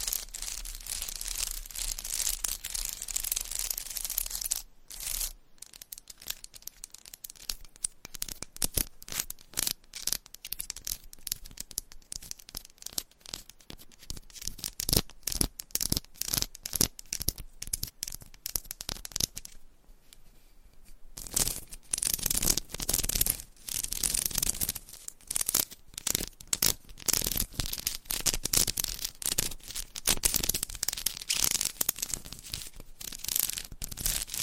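Fingernails scratch and tap on textured candles in dense, rapid bursts of crisp scraping, with a brief quiet gap just before 20 seconds.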